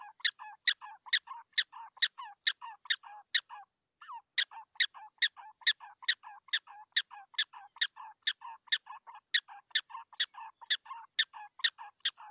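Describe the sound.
Prairie dog barking: steady, evenly spaced sharp chirps, roughly two each second, each with a brief lower tail, pausing once before resuming.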